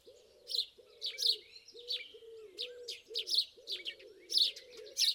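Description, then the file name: House sparrows chirping in scattered sharp bursts over a regular series of low arched cooing calls. "Passer domesticus"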